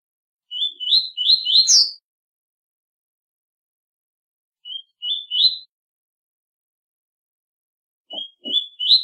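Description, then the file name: Double-collared seedeater song in short bursts of rising whistled notes, the first ending in a sharp high flick, repeated at irregular gaps of a few seconds. Short song, tui-tui type. "canto do coleiro tui tui curto cibra"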